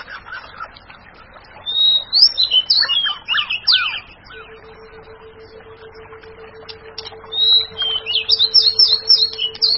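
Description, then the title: White-rumped shama delivering two bursts of rapid, high, sharp notes separated by a pause, the second burst accompanied by a steady low hum. "Kicau Murai Batu"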